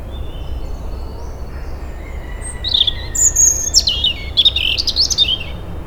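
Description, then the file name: European robin song: thin, high warbling phrases with sliding whistles and trills, over a steady low rumble of background noise. "Erithacus rubecula"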